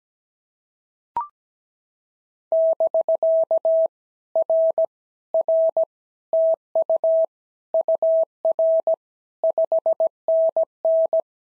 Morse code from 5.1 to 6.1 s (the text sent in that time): R